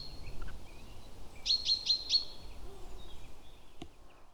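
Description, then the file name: Great tit with a single quick series of four clipped high notes, followed by a brief click, over a soft low background rumble. "Parus major"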